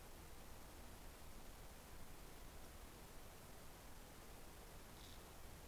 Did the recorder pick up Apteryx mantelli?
no